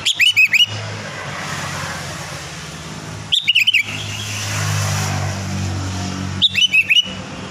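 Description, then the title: Sooty-headed bulbul song: three short bubbly phrases of clipped whistled notes, spaced about three seconds apart, over a low traffic hum. "Kutilang"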